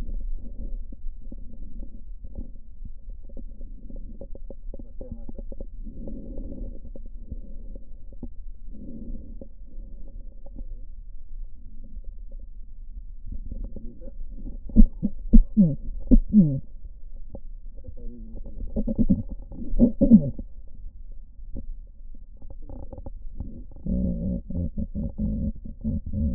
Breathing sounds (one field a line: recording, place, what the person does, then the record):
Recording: lung sounds by stethoscope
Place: left posterior apical chest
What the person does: quiet breathing, then cough and speech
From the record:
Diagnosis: COPD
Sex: female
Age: 72 years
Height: 156 cm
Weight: 72 kg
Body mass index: 29.6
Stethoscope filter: diaphragm mode